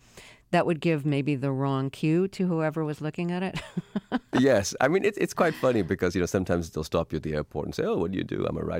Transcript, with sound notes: That would give, maybe, the wrong cue to whoever was looking at it (laughter).
Yes. I mean, it's quite funny because, you know, sometimes they'll stop you at the airport and say - oh, what do you do?